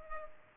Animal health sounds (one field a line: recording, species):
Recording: mosquito wingbeat signal from an infrared sensor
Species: Culex pipiens